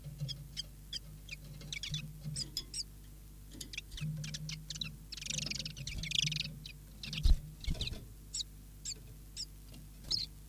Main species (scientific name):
Phylloscopus collybita